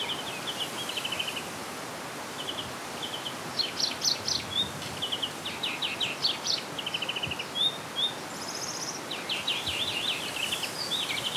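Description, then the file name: European greenfinch twitters: rapid rattling trills and short chirps in loose bursts, partly masked by constant hiss. "Chloris chloris"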